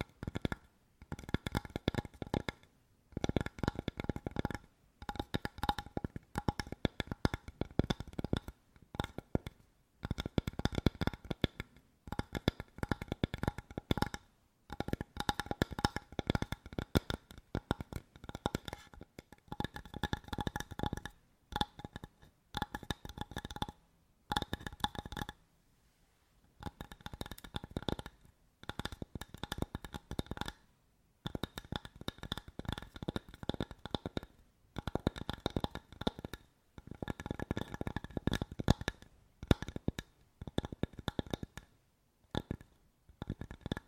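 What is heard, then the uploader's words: Rapid, dense tapping runs in bursts of several seconds, split by brief pauses, with a bright ringing tone sounding steadily through each burst. ASMR Tapping For Sleep 100% Tingles! (No Talking).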